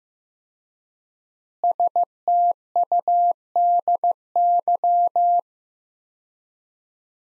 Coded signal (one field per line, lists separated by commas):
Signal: Morse code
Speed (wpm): 15 wpm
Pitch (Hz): 700 Hz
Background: none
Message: STUDY